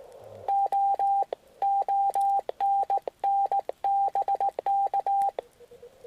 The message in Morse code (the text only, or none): O ONN BK